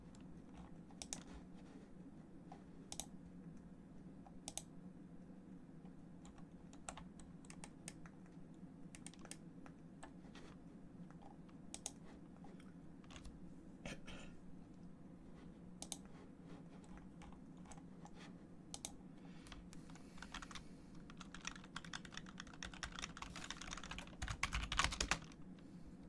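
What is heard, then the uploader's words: Keyboard typing with occasional mouse clicks, sharp taps scattered irregularly over a steady low hum. The keystrokes are sparse at first, then grow denser and louder near the end, becoming a rapid clatter from about twenty seconds on. ASMR Keyboard sounds & mouse sounds No Talking.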